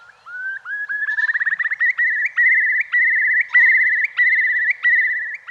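Curlew bubbling call: rising whistles speed into a rapid pulsing trill, then settle into long, level, warbling whistles, each opened by a quick upward note.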